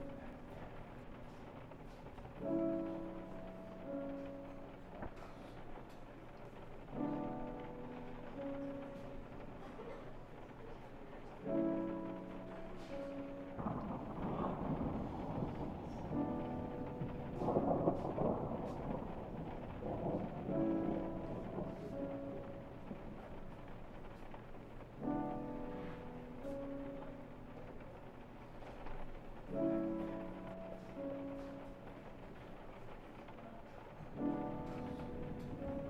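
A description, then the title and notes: Soft lounge piano plays gentle chords every few seconds over a steady bed of rain. Midway, from about 14 to 21 seconds, a rolling rumble of thunder swells and partly buries the piano before the quiet chords return for the final stretch. Making your way down the rainy, quiet side streets of Tokyo to a late-night sushi bar.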